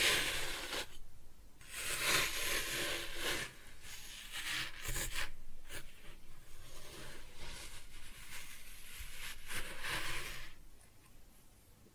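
Kinetic sand being cut and scooped, with soft gritty scrapes and crisp rustles in bursts, some long and some brief, then a quiet ending.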